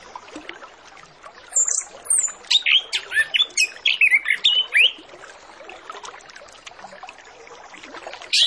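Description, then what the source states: Orange-headed Thrush singing a long run of quick, varied whistled notes and chirps for about three seconds, with background hiss. Full-fill master song used as a lure to prompt thrushes to sing quickly and openly.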